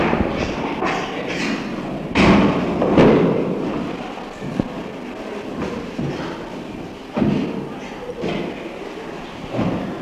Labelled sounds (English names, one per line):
Chimpanzee